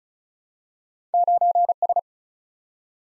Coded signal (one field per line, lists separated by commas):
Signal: Morse code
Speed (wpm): 36 wpm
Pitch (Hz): 700 Hz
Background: none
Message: 9S